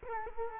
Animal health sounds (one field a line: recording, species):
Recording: mosquito wingbeat signal from an infrared sensor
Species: Culex quinquefasciatus